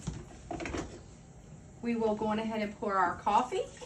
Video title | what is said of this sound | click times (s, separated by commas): Making the perfect cup of coffee | make sure you hear a little click | 0.5 s